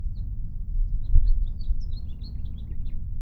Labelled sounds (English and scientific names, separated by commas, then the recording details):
House Finch (Haemorhous mexicanus) song
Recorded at Atlantic Beach West on Long Island, New York, on 2 June 1975
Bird C